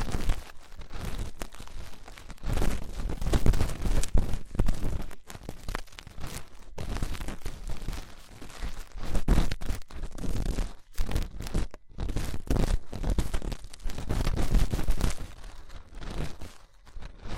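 Fast, intense ear cleaning: dense, rough scratching and rubbing runs throughout, from deep muffled thumps up to bright hiss. Strokes come quickly and unevenly, broken by brief silent gaps every second or so, most clearly near eleven and sixteen seconds.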